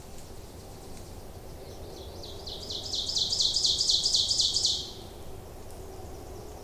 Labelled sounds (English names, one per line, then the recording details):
Ovenbird song
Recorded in boreal forest in Alberta, Canada, on 26 May 2016 at 07:15
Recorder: SongMeter 3, array SBT-3-15
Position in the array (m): 25 m, 277 m
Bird 20